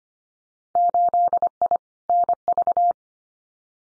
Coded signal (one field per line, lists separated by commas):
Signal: Morse code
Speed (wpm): 25 wpm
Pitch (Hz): 700 Hz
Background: none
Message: 8I NV